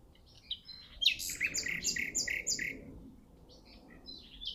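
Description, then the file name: Common nightingale song: a burst of loud, rapidly repeated notes, bright and chattering, lasting about two seconds, with softer scattered high notes before and after. "Luscinia megarhynchos"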